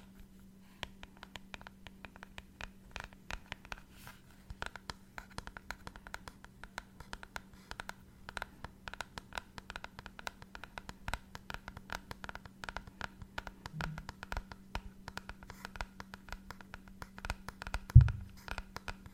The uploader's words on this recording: ASMR Tapping.